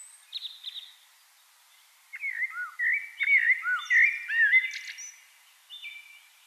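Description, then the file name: Eurasian blackbird song: a few thin high notes, then a flowing, liquid warble with a chattering, squeaky ending. "Turdus merula"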